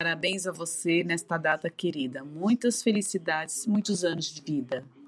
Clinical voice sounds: short text; Brazilian Portuguese; female; 50 to 59 years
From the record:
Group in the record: control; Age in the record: 53 years

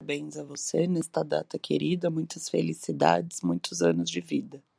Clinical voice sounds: short text; Brazilian Portuguese; female; 30 to 39 years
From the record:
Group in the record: control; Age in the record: 35 years

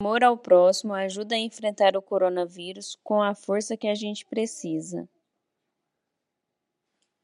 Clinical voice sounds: spoken sentence; Brazilian Portuguese; female; 30 to 39 years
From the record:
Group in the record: control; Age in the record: 33 years

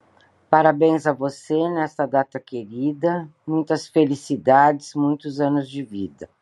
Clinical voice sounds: short text; Brazilian Portuguese; female; 60 to 69 years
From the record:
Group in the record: control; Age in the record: 69 years

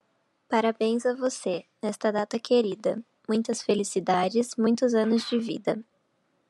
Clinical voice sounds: short text; Brazilian Portuguese; female; 18 to 19 years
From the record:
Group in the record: control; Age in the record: 19 years

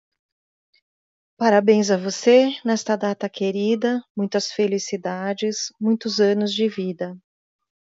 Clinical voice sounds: short text; Brazilian Portuguese; female; 40 to 49 years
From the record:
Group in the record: control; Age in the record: 44 years

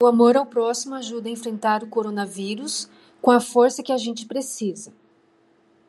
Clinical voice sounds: spoken sentence; Brazilian Portuguese; female; 50 to 59 years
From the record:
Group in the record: control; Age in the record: 53 years

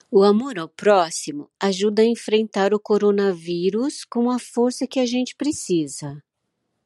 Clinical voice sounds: spoken sentence; Brazilian Portuguese; female; 60 to 69 years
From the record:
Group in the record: control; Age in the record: 63 years

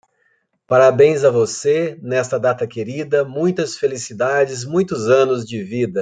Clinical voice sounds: short text; Brazilian Portuguese; male; 40 to 49 years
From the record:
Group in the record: control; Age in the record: 44 years

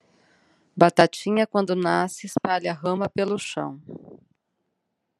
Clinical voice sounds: short text; Brazilian Portuguese; female; 40 to 49 years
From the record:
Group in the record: control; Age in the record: 46 years

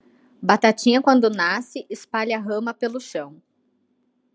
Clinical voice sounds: short text; Brazilian Portuguese; female; 20 to 29 years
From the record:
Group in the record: control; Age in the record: 29 years

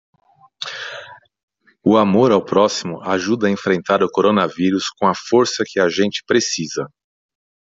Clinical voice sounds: spoken sentence; Brazilian Portuguese; male; 40 to 49 years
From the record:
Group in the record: control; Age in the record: 46 years

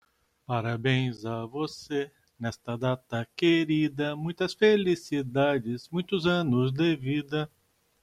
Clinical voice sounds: short text; Brazilian Portuguese; male; 50 to 59 years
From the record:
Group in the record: control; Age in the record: 54 years

